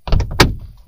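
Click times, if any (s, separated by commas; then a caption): 0.4 s. A small plastic trim cover on the sun visor mounting bracket of a 2006 Honda Civic is angled in, slid over the mount and pressed home. A few light plastic taps and scrapes lead up to a sharp, loud snap at 0.4 s, followed by a faint tick near the end. The cover seats and snaps back into place.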